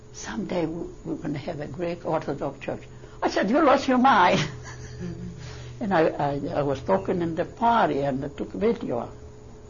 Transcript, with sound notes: Some day we're going to have a Greek Orthodox church." I said, "You lost your mind!" ( she laughs ) And I was talking in the party, and they took video of it.